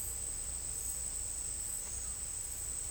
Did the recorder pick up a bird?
no